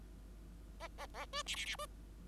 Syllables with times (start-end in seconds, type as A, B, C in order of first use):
0.80-0.88 A, 0.98-1.06 A, 1.14-1.26 A, 1.32-1.42 B, 1.46-1.56 C, 1.56-1.65 C, 1.66-1.75 C, 1.78-1.86 B